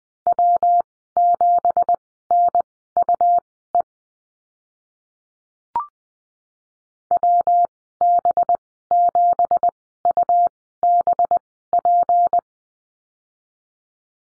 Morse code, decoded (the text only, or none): W7NUE WB7UBP